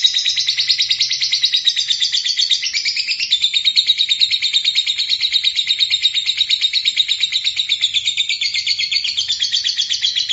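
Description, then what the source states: Bird song: rapid, continuous high chatter of many buzzy repeated notes, shifting slightly in pitch midway. Masteran training.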